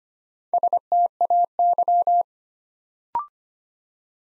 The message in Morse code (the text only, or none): STAY